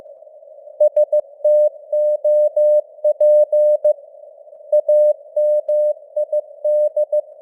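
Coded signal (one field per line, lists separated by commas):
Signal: Morse code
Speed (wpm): 15 wpm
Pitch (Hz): 600 Hz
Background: none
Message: STOP AMID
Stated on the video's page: News headlines sent in Morse at 15 wpm with simulated radio noise and varying signal strength (QSB).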